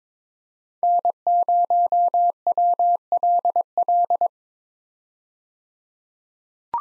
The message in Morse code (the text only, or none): N0WLL